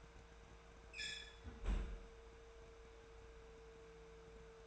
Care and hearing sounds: daily activity, microphone in the room; close fridge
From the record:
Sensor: 2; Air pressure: 1014.8 hPa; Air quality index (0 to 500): 193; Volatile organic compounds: 16 ppm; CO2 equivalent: 2556 ppm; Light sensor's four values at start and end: 9/22/9/9 and 10/25/10/11

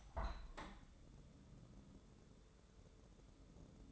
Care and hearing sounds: daily activity, microphone in the room; open window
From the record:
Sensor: 3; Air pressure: 1014.9 hPa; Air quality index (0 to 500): 25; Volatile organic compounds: 0 ppm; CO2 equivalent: 503 ppm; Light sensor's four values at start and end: 10/22/9/9 and 10/23/9/9

